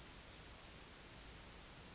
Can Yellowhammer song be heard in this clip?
no